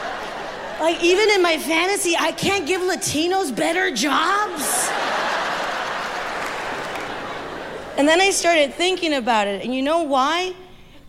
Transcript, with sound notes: Like, even in my fantasy, I can't give Latinos better jobs?
(LAUGHTER)
And then I started thinking about it. And you know why?